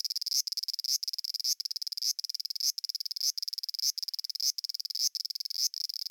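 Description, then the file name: Large brown cicada song, a harsh high sizzle broken into rapid pulses, grouped in short bursts about every half second. "aburazemi cry"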